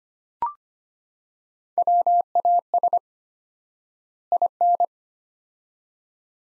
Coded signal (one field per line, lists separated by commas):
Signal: Morse code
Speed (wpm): 25 wpm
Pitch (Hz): 700 Hz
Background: none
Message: WAS IN